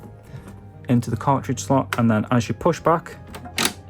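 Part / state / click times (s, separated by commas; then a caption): game cartridge into children's console cartridge slot / seated / 3.6 s. A plastic game cartridge is pushed into the cartridge slot of a Sega Pico children's console and pushed back until it locks in place. Someone talks over a music bed, and a short, sharp click lands at 3.6 s as the cartridge seats.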